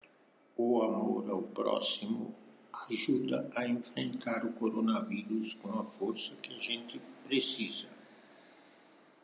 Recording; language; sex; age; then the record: spoken sentence; Brazilian Portuguese; male; 70 to 79 years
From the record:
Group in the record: control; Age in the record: 77 years